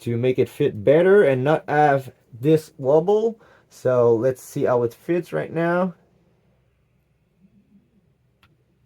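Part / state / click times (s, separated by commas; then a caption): single-shot loading tray into air rifle receiver / seated / 8.4 s. Someone talks, then a plastic Maple single-shot tray, with a worn layer of tape added so it fits better without wobble, is pushed into the receiver of a Beeman Chief II air rifle. After a quiet stretch, it latches with a small, sharp click at 8.4 s, and the tray is seated.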